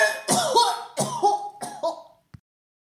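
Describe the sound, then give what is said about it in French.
Three loud, harsh coughs in quick succession, each a broad raspy burst with a rough, throaty tail, followed by a brief faint click before silence. “Bienvenue sur le podcast La mort aux trousses, le podcast qui tousse, pas encore, depuis Toulouse.”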